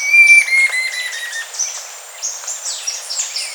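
Bird calls: clear, high, slightly falling whistled notes repeated rapidly, with other thin overlapping chirps and whistles filling the background.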